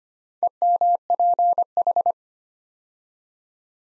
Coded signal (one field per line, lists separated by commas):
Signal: Morse code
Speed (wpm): 25 wpm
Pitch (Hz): 700 Hz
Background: none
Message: EMPH